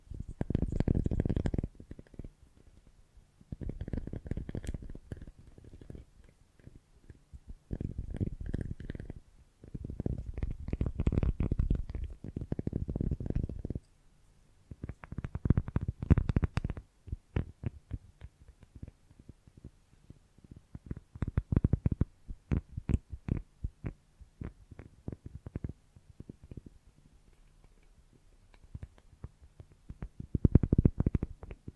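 Foamy, sticky brain massage sounds come in bursts of thick, low, squelching rubbing, each lasting one to three seconds, separated by brief quiet gaps. Crackly, wet clicks run through the bursts, and the pattern repeats irregularly throughout, with a faint steady hum underneath.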